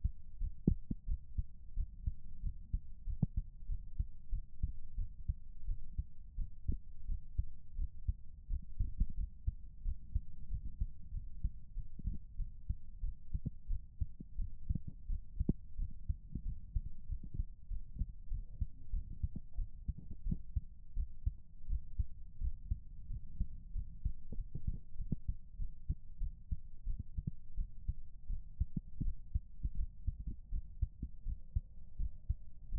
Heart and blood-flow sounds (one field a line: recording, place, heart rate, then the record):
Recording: heart sounds by stethoscope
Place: pulmonary valve (PV)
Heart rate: 93 bpm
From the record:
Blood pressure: 136/94 mmHg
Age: 34 years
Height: 164 cm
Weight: 64 kg